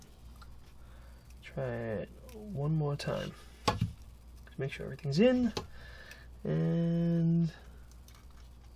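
While building a scale DeLorean model, a plastic driver-side wing panel is pressed onto its chassis mount to make sure everything is in. Someone talks over light handling sounds, with a brief sharp tap near 3.7 seconds. The clip ends before the part goes home, and nothing has seated or clicked yet.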